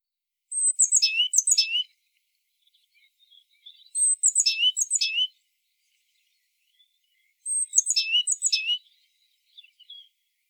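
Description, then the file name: Great tit calling, three bursts of high, quick, sweeping notes spaced roughly three and a half seconds apart, with quiet twittering in the gaps. "Parus major"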